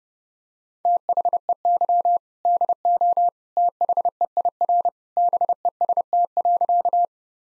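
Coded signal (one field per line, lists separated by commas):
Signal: Morse code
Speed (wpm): 32 wpm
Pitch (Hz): 700 Hz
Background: none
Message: THEY DO THEIR BEST.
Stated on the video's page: Morse practice drill of sentences built from common two-word phrases, sent at 30 wpm for head-copy.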